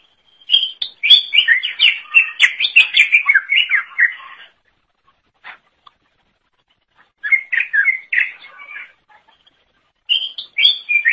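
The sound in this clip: Leafbird singing dense bursts of chattering whistles and chirps in three bouts, separated by quiet gaps.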